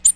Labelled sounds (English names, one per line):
Ovenbird flight call